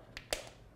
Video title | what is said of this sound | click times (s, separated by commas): Oakley Straight Jacket (1999) Lens Replacement & Installation Instructions | Pop right out just like that. You will hear a popping noise, it's okay. | 0.2 s, 0.3 s